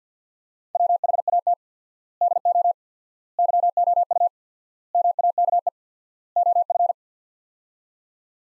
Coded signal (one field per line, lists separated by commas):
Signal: Morse code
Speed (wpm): 50 wpm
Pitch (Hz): 700 Hz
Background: none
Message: WHAT DO YOU MAKE OF